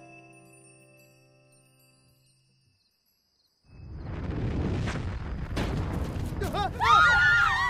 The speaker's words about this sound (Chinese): 活生生的现场爆炸，树叶如同炸弹的碎片一般速速落到脸上。